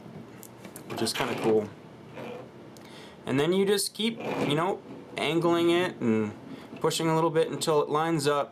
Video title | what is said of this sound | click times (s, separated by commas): MDPC Sleeve Guide | and sometimes you'll hear a little click. You'll actually hear it go click, | 0.4 s